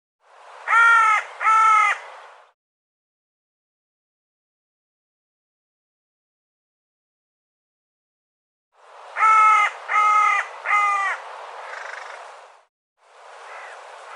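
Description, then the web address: Bird giving loud harsh harmonic caws, a pair of calls, a long pause, then a run of three with rougher fading notes. "cianscape birddata Deverinetal 2025 File cleaned normalized Bird"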